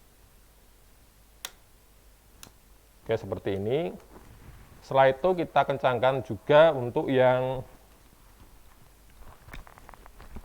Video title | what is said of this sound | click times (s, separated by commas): peesoapan lomba kontes tbsm jonda | sampai nanti ada suara klik pada kunci momennya | 1.5 s